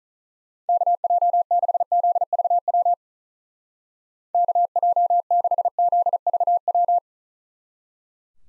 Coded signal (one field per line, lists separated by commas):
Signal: Morse code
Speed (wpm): 45 wpm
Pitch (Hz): 700 Hz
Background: none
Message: KJ6ZVW KJ6ZVW